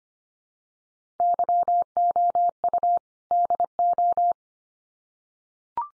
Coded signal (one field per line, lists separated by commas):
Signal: Morse code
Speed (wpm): 25 wpm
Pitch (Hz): 700 Hz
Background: none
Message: YOU DO